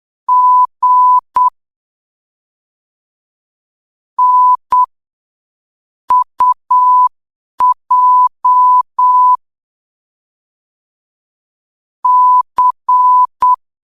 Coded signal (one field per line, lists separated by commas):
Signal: Morse code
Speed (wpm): 8 wpm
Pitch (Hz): 1000 Hz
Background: none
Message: G N UJ C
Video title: Signal Post | Morse Code for Beginners Level 2.... Part 1 #signalpost